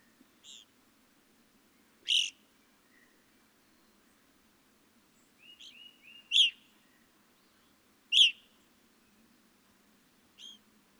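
Evening grosbeak giving loud, piercing single call notes at irregular intervals, one preceded by a quick series of soft buzzy chirps, against a quiet background.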